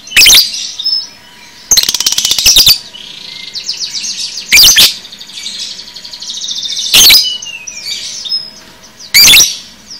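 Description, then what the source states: Lovebird chattering: shrill piercing chirps every two seconds or so, one long rapid buzzy burst, and continuous high warbling twitter in between. Lovebird paud masteran recording, for training cage birds.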